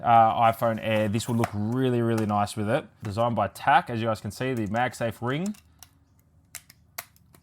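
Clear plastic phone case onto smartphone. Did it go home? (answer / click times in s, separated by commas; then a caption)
yes / 6.5 s, 7.0 s. Someone talks for about the first five and a half seconds, then quiet handling follows as a thin, onyx clear plastic case with a MagSafe ring, designed by TAC, is pressed onto an iPhone Air. Sharp clicks at 6.6 s and 7.0 s are the case edges snapping over the phone body, and the case is seated in place.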